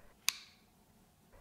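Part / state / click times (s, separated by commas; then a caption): dose-metering mechanism of a dry powder inhaler / seated / 0.3 s. The dose-metering mechanism of an Easyhaler dry powder inhaler is pressed firmly between thumb and forefinger until it gives a single sharp, bright click at 0.3 s. The click means the dose mechanism has seated, and only a faint low rustle follows.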